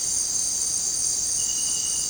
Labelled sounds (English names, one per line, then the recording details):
none
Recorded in dense forest near Puerto Asís, Putumayo, Colombia, on 12 March 2025 at 18:00
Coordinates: 0.467, -76.328
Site G041